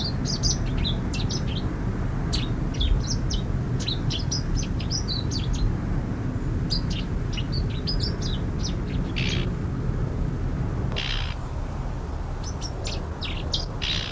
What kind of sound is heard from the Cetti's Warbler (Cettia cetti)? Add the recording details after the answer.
song. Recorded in the wild. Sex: male. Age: adult. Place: Berneburg (Sontra), Hessen, DE. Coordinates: 51.06, 9.88. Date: 1975-08-09. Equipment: Halbspur, 9,5 cm/s. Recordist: Lütgens, Hans